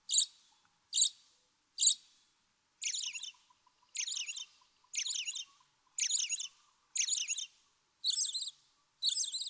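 American robin: three sharp high notes, then a steady run of short chirping, warbled phrases repeated about once per second over a quiet background.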